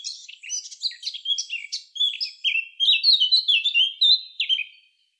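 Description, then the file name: Eurasian blackcap singing: rapid jumbled twittering at first, then a loud run of rich, clear whistled notes that fades out at the close. "Sylvia atricapilla"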